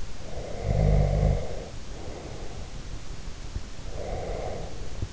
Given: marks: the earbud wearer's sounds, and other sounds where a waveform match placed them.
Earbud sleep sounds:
sounds in sleep by an in-ear microphone; snoring breath, breath
0.00-2.63 s: snoring breath
3.77-4.89 s: breath

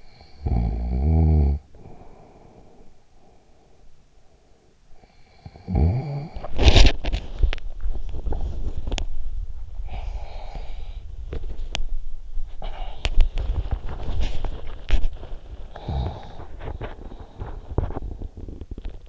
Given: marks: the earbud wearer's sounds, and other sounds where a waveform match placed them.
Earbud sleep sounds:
sounds in sleep by an in-ear microphone; snoring breath, body movement, breath, teeth grinding
0.04-3.95 s: snoring breath
5.21-6.58 s: snoring breath
6.58-9.64 s: body movement
9.64-11.10 s: breath
11.10-19.09 s: teeth grinding

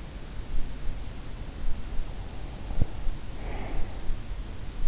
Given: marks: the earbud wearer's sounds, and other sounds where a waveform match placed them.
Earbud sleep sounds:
sounds in sleep by an in-ear microphone; breath
3.26-3.84 s: breath

